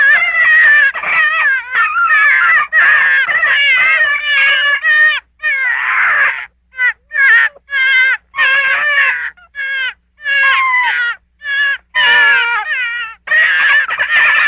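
Gray fox giving wavering, whiny yelps in quick broken runs, each note bending up and down, with a harsher, raspy burst midway and brief silent gaps between bouts.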